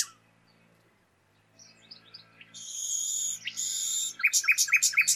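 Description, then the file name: Common nightingale song: near silence, a few soft notes, then a loud buzzy rasping trill broken by a brief gap, ending in a rapid series of about six sharp repeated notes. "Luscinia megarhynchos"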